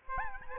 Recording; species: mosquito wingbeat signal from an infrared sensor; Aedes albopictus